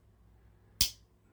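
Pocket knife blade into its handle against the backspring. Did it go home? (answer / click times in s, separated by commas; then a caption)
yes / 0.8 s. A carbon steel blade on a slip-joint pocket knife is worked against its backspring and snaps into place in the handle. A single sharp, bright snap at 0.8 seconds stands out over quiet low background noise. The blade seats firmly.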